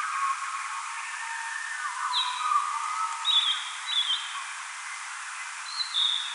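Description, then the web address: Spotted flycatcher song at slow speed: four short, thin high notes, some slightly falling, over fainter lower bird twittering and steady background hiss. Recorded 4 June 2025; played back at half speed. "paivat 4 6 2025 harmaasiepon laulua puolella nopeudella"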